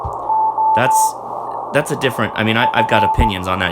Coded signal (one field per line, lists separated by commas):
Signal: Morse code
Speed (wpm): 15 wpm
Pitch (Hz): 880 Hz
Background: speech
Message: O F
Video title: Exploring Morse Code CW with the MFJ 9200